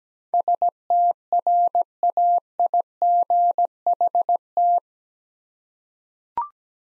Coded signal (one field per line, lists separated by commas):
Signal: Morse code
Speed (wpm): 17 wpm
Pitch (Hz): 700 Hz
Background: none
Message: STRAIGHT